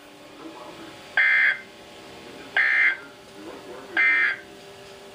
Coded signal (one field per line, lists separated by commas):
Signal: Emergency Alert System (SAME) tones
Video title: EAS Alert #270 (Tornado Watch #76)